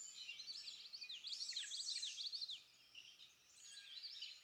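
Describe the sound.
Rose-breasted grosbeak song: a rich, warbled phrase of quick rising and falling whistled notes for about two seconds, then fainter warbling afterwards.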